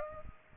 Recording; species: mosquito wingbeat signal from an infrared sensor; Aedes aegypti